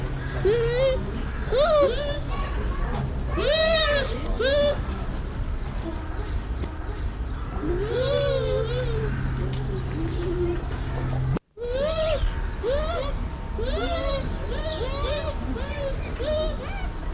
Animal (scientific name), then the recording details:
Speothos venaticus. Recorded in captivity. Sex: pair. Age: adult. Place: Zoo Berlin, Berlin, DE. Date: 1993-03-20 14:04. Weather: 5-12 °C, böiger Wind. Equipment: Marantz CP 430, Sennheiser ME 80, Kopie Uher Variocord 263. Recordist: Tembrock, Günter